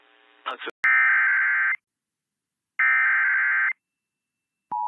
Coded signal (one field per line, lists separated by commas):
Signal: Emergency Alert System (SAME) tones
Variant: header bursts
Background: speech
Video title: EAS Alert From 6/12/25